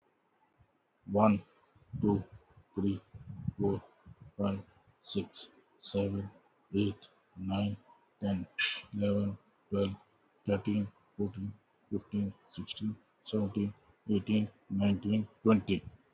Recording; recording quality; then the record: counting at a normal pace; excellent, no background noise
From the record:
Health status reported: healthy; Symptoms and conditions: none ticked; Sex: male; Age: 57 years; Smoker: not ticked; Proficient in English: yes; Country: India